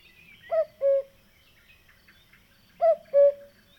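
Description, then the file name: Cuckoo giving two clear falling cu-coo phrases, roughly two seconds apart, against near silence. "minutes of cuckoos"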